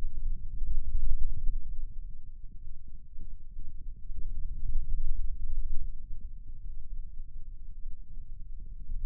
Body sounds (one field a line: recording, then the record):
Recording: forearm muscle sounds (acoustic myography)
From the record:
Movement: finger pinch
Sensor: system 2, bracelet of six BSWA MPA416 microphones around the upper forearm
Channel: 2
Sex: male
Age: 22 years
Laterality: right